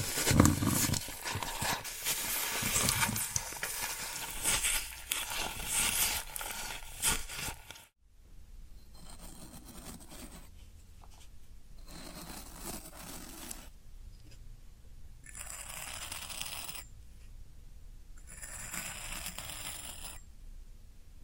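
Floral foam being crushed and scraped, with dense crackling and crunching for the first eight seconds. After a sudden stop, quieter bursts of rough rubbing follow, each lasting a second or two, with the brightest, hissing ones coming near the end.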